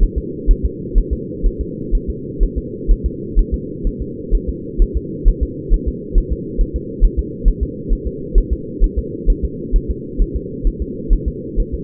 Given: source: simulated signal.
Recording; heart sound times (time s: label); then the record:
fetal heart sounds
0.03 s: S1
0.18 s: S2
0.51 s: S1
0.65 s: S2
0.98 s: S1
1.13 s: S2
1.46 s: S1
1.61 s: S2
1.95 s: S1
2.10 s: S2
2.43 s: S1
2.58 s: S2
2.91 s: S1
3.06 s: S2
3.39 s: S1
3.54 s: S2
3.87 s: S1
4.02 s: S2
4.35 s: S1
4.49 s: S2
4.82 s: S1
4.97 s: S2
5.28 s: S1
5.43 s: S2
5.74 s: S1
5.88 s: S2
6.18 s: S1
6.33 s: S2
6.61 s: S1
6.76 s: S2
7.05 s: S1
7.19 s: S2
7.48 s: S1
7.63 s: S2
7.93 s: S1
8.07 s: S2
8.38 s: S1
8.53 s: S2
8.84 s: S1
8.98 s: S2
9.30 s: S1
9.45 s: S2
9.76 s: S1
9.91 s: S2
10.22 s: S1
10.36 s: S2
10.67 s: S1
10.82 s: S2
11.13 s: S1
11.28 s: S2
11.60 s: S1
11.74 s: S2
From the record:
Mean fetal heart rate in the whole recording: 130 bpm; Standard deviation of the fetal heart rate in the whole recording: 4 bpm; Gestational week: 38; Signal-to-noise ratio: -4.1 dB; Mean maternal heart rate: no maternal heart sound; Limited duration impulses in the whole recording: absent